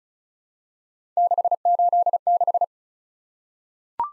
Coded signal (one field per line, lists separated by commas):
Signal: Morse code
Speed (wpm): 36 wpm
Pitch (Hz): 700 Hz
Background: none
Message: 686